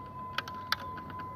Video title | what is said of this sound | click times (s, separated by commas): 2004 jeep liberty tail not working part 1 | it to hear the little clicks and it's got a good seal on it so | 0.4 s, 0.7 s